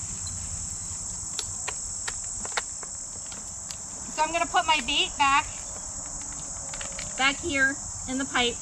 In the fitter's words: and here it clicks so